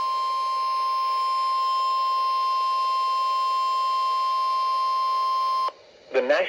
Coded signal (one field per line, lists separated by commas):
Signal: Emergency Alert System (SAME) tones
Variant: 1050 Hz attention tone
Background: speech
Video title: NOAA Weather Radio - Special Marine Warning [EAS #121] (4/14/22)